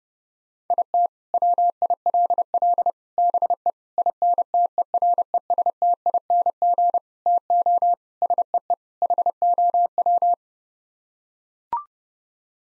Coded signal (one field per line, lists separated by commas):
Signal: Morse code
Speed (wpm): 28 wpm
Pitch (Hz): 700 Hz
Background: none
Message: IT WILL BE INTERESTING TO SEE HOW